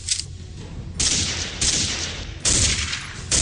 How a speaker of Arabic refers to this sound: في اطلاق نار يا عبيد، في اطلاق نار.